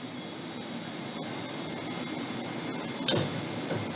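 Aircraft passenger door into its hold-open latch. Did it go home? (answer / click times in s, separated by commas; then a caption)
yes / 3.1 s. A passenger door on a wide-body aircraft is opened from the inside and swung into its hold-open latch over a steady broadband hum. A single sharp click is heard at 3.1 s as the door seats and locks in the open position.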